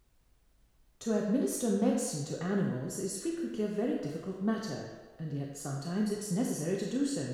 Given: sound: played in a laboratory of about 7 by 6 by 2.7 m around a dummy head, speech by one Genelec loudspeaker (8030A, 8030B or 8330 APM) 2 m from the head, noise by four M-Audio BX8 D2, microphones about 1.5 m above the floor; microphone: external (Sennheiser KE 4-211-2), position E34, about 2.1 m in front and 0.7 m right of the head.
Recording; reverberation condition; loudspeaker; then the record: female speech in English; high; 30 degrees to the right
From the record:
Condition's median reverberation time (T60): about 1300 ms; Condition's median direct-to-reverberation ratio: about -4.0 dB